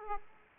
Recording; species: mosquito wingbeat signal from an infrared sensor; Aedes aegypti